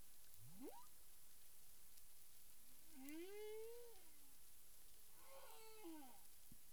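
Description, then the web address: Humpback whale sounds underwater: a fast upsweeping whoop, then moaning arched tones rising and falling, and a later descending harmonic cry, over steady hiss. Recorded 9 April 2002 at 18:00:53 UTC. "humpback whale 20020409"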